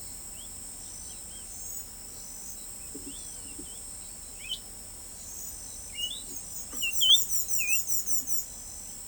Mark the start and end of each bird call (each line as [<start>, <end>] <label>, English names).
[4.34, 7.82] Yellow Oriole
[6.02, 8.55] Carib Grackle